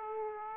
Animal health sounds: mosquito wingbeat signal from an infrared sensor; Aedes aegypti

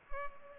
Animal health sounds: mosquito wingbeat signal from an infrared sensor; Culex pipiens

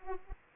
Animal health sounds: mosquito wingbeat signal from an infrared sensor; Anopheles arabiensis

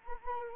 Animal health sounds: mosquito wingbeat signal from an infrared sensor; Anopheles arabiensis

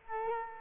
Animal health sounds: mosquito wingbeat signal from an infrared sensor; Culex quinquefasciatus

